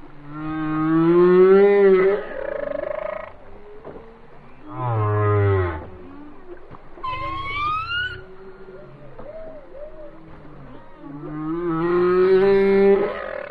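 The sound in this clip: Whale song mixing long rising harmonic moans, a low grunting call, a high climbing whistle, and short wavering chirps between louder phrases.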